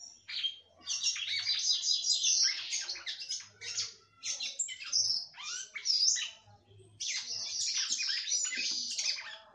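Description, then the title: Red-cowled cardinal pouring out rich, rapid high warbles in long phrases, broken by a few short pauses. "Galo De Campina"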